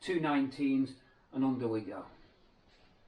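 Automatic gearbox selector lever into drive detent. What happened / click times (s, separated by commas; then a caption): Handled, not yet home: no seating click from the lever yet / none. Under a car, the selector cable nuts of an automatic gearbox are about to be slackened slightly so the metal selector lever on the gearbox side clicks into its drive detent. Only someone talking is heard in short bursts, and the lever has not clicked into place yet.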